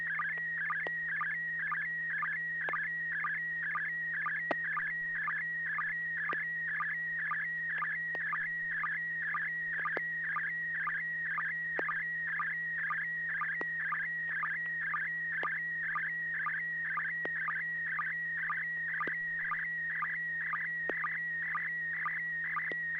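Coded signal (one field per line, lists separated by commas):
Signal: SSTV (slow-scan television)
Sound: continuous warbling tone with rhythmic clicks about twice a second, over a low hum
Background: low hum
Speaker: it it actually came through really well for me it's a super good resolution few pixelations I see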